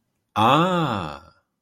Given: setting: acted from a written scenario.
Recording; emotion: vocal sound without words; realization